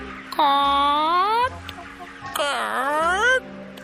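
Caged commercial hybrid hens, known as semi-heavy hens, clucking and squawking: two loud, drawn-out calls with a nasal, rising pitch, separated by a brief gap, with a low background hum underneath.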